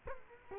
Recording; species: mosquito wingbeat signal from an infrared sensor; Culex quinquefasciatus